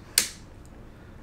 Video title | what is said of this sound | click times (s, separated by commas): Turn Any Scope Into Night Vision - Clip On Night Vision | it, and you can kind of hear, hopefully you can hear, just how well this locks into place right | 0.2 s